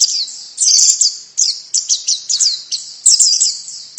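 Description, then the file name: White-eye calling, a lively rapid sequence of high sweet chirps and slurred whistles, almost unbroken for four seconds. Female; Indonesian name pleci. "suara pleci betina"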